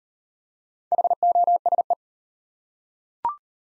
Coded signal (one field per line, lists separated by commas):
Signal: Morse code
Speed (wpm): 37 wpm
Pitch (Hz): 700 Hz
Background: none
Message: HOSE